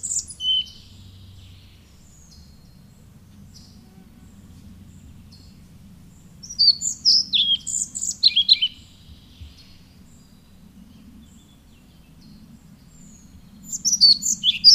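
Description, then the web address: European pied flycatcher singing: a two-second phrase of clear, high, jerky whistled notes in the middle, with song fragments at the start and end and long quiet gaps. "agykontroll Madardalok Cd 1. Kormos légykapó"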